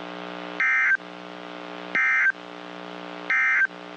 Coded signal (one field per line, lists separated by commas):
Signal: Emergency Alert System (SAME) tones